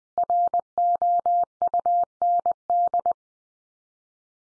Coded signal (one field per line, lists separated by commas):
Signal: Morse code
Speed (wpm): 19 wpm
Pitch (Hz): 700 Hz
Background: none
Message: ROUND